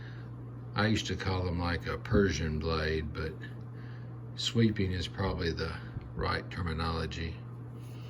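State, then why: Not seated. Someone talks while handling the sweeping blade of a Browning USA two-blade double lock back folding pocket knife with a brass and wood handle, opening it toward its back lock. A steady low hum runs underneath the speech. The blade has not yet locked open, and nothing has seated or clicked in this clip.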